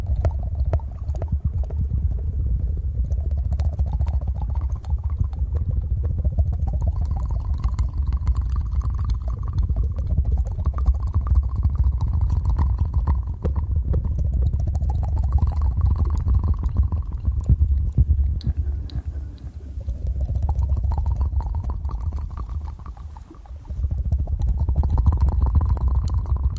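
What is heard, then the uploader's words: Fast, wet licking and eating sounds close to the ear, dense clicks over a constant low rumble, with slow rising whooshes every few seconds. ASMR Fast Ear Eating & Licking.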